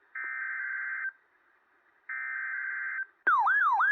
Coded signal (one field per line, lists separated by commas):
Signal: Emergency Alert System (SAME) tones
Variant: header bursts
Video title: Indian Point EAS Test (2/15/17)